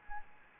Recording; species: mosquito wingbeat signal from an infrared sensor; Anopheles arabiensis